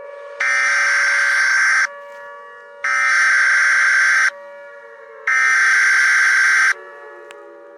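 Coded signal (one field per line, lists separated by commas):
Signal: Emergency Alert System (SAME) tones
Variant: header bursts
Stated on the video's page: Fan-made EAS scenario, a fictional alert.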